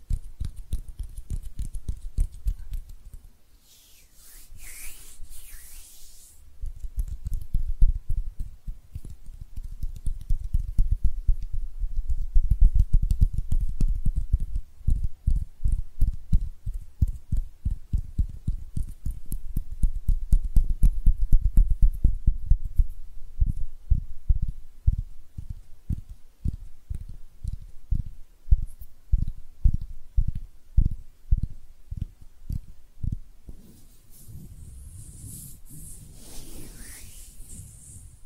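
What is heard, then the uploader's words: Hand sounds made up of a fast, steady run of soft low taps or pats, packed closely and repeating for most of the clip, swelling louder in the middle. Brief brighter rubbing swishes rise around 4–6 seconds and again near 35 seconds. ASMR Relaxing Hand Sounds (No Talking).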